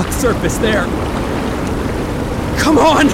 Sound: FX – the water is about to encroach us

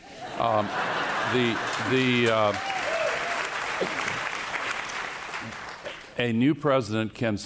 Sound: laughter; applause

